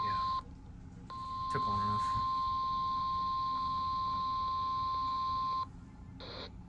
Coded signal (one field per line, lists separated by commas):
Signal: Emergency Alert System (SAME) tones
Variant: 1050 Hz attention tone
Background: speech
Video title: A FIRST IN 14 YEARS... Severe Weather EAS Alert Compilation - 9/6/25 (EAS #2,306 - 2,370)